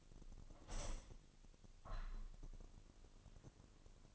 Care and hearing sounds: daily activity, microphone in the room; open window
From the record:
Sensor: 4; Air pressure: 1005.6 hPa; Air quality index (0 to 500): 93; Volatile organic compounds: 2 ppm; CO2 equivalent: 1145 ppm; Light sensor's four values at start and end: 13/29/11/11 and 13/29/11/11

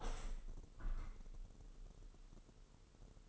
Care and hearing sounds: daily activity, microphone in the room; open window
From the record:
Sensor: 4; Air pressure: 996.5 hPa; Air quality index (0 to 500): 86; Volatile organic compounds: 4 ppm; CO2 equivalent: 1648 ppm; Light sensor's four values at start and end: 19/53/20/22 and 20/54/21/22

